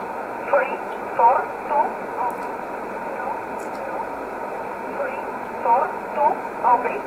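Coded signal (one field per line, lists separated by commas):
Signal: numbers station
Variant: E11 Oblique, English voice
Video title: 24 06 2020 E11 Oblique Numbers station in English 0746 on 15720 unknown tx site in USB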